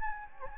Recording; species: mosquito wingbeat signal from an infrared sensor; Anopheles gambiae